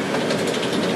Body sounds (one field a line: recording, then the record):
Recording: background sound without coughing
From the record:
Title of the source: Office Sounds Ambience - Background Noise for Study and Work